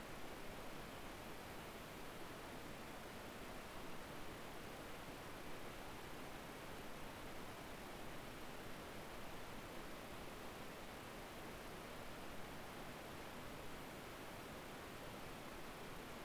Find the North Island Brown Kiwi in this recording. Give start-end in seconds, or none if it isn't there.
none